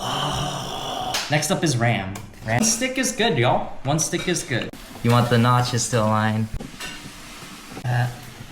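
A RAM memory stick is handled with its notch lined up over a motherboard DIMM slot while someone talks. The stick has not seated or clicked into the slot yet.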